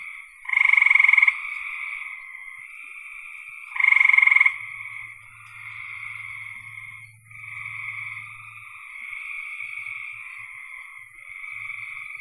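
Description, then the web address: Frog chorus of continuous buzzy trills, broken twice by a loud, coarse pulsed croak lasting under a second, with a faint low hum midway. "cn frogs"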